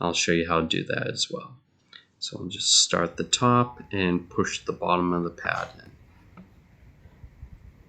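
Someone talks while fitting a steel-backed front brake pad into the disc brake caliper on the passenger side of a 2016 Porsche Cayenne GTS, starting the top of the pad first and then pushing the bottom in. After the talking stops around 6 seconds, only faint handling sounds and a brief soft tap near 6.4 seconds are heard. Nothing has seated or clicked into place yet.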